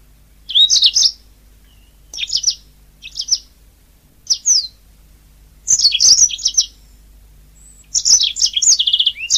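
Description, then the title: Oriental magpie-robin giving short, sharp whistled phrases, starting sparse and building to longer rapid trills toward the end. "Kicau Kacer"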